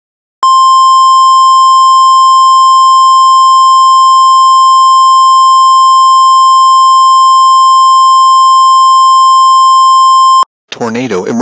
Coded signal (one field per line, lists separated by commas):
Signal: Emergency Alert System (SAME) tones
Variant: 1050 Hz attention tone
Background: speech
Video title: EAS Recreation - 2018 Tornado Emergency for Taylorville EAS